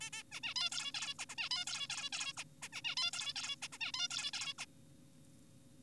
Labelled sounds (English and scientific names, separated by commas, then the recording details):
Zebra Finch (Taeniopygia guttata)
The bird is an adult
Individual g4p5U